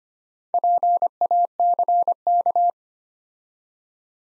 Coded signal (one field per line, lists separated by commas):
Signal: Morse code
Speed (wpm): 25 wpm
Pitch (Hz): 700 Hz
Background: none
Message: PACK